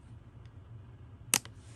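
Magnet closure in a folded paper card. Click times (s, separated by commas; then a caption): 1.3 s. The flap of a folded paper card is released and its magnet closure snaps shut with a sharp click at 1.3 s, followed by a fainter tick about a tenth of a second later. A soft tick is heard earlier over a low background hum. The magnetic closure is seated and the card stays shut.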